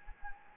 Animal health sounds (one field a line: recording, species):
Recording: mosquito wingbeat signal from an infrared sensor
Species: Anopheles gambiae